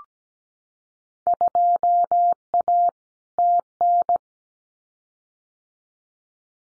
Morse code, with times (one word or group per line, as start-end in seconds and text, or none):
1.3-2.9 2A
3.4-4.2 TN